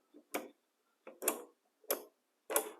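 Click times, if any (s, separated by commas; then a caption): 0.4 s, 1.3 s, 1.9 s, 2.6 s. With the depth lever loosened, the shoe of a Ridgid cordless circular saw is moved up and down, and it snaps into its positive detent stops at half-inch intervals. Four sharp, bright clicks land at 0.4, 1.3, 1.9 and 2.6 seconds, each preceded by a softer scrape as the shoe slides. The depth adjustment seats firmly in each stop.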